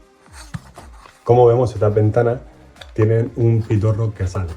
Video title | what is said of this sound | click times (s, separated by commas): Como domotizar una persiana desde 0. Parte 1 de 2. | sacarlo hasta que haga el click y una vez que tenemos el click ya se quedaría ajustado | 0.5 s